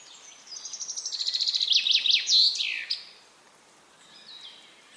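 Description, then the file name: Common chaffinch song: a bright, high trill of repeated notes closing with a sharp downward flourish; faint chirps follow. "Fringilla coelebs"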